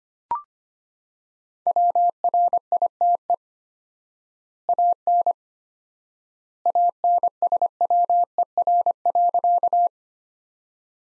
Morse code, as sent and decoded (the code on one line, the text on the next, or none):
.-- .-. .. - . / .- -. / .- -. ... .-- . .-. .-.-.-
WRITE AN ANSWER.